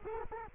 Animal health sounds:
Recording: mosquito wingbeat signal from an infrared sensor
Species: Culex quinquefasciatus

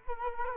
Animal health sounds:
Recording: mosquito wingbeat signal from an infrared sensor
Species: Culex quinquefasciatus

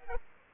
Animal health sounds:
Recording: mosquito wingbeat signal from an infrared sensor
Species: Aedes aegypti

